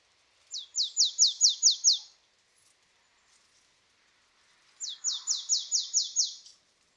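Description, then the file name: Marsh tit calling in two bursts of about seven rapid, high downslurred notes each, separated by roughly three seconds of near silence. "Poecile palustris"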